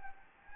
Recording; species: mosquito wingbeat signal from an infrared sensor; Anopheles gambiae